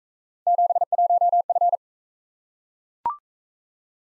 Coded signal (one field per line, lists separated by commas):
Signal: Morse code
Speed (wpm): 42 wpm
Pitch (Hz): 700 Hz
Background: none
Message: 71F